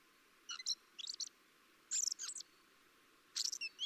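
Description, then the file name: Common blackbird calls, short high chirps and clipped notes in four brief bursts, with quiet gaps between them. "Turdus merula"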